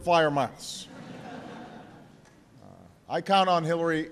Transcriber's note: laughter